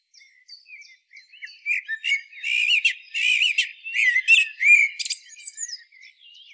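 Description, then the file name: Common blackbird song, starting with soft scattered whistles and building into a louder phrase of mellow warbles mixed with sharp squeaky notes. "Turdus merula"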